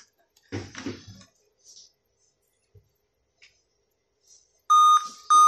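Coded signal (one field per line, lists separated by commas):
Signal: beep code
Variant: laptop POST beep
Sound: a short bit of talk, then a steady high beep that briefly breaks and continues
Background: brief speech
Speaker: As you can see, we are still having the beep sound.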